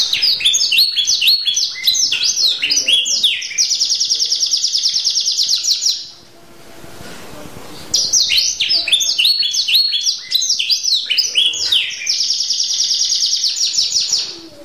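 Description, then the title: Canary song of quick chirped phrases and a long high rolling trill, broken by a quiet pause of about two seconds before the chirps and trill resume. Champion singer. "Kicau Burung Kenari Juara"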